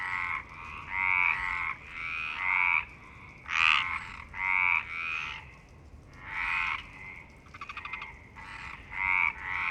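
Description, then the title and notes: Rasping frog croaks repeat in quick succession, several frogs calling together, with one rapid rattling call near the end. Frogs in Parc Longchamp, Marseille, Provence-Alpes-Côte d'Azur, France, 26 March 2011, 19:35; recorded with a MixPre-6 and Basic Ucho. "Marseille, Provence-Alpes-Côte d'Azur, France - 26_03_11_19_35 Longchamps_004 grenouilles. Grenouilles au parc de Longchamp"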